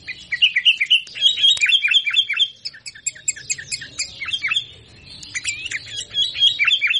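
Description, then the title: Sooty-headed bulbul chattering in quick bursts of sharp, downslurred chirps, pausing briefly before a final lively run of notes. "Suara Burung Kutilang"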